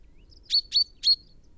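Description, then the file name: Common chaffinch giving three short, bright call notes in a tight run, each ending in a brief high ringing tail; faint low background rumble. "Fringilla coelebs"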